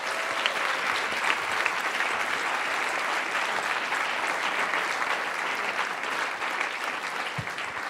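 Sustained audience applause for the behind-the-scenes crew, a dense, steady wash of many hands clapping at an even loudness throughout, with no voices standing out.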